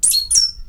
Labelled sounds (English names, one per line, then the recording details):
Stitchbird song
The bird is a male
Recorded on Tiritiri Matangi Island, New Zealand, in 2005
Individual 22, of nest box 31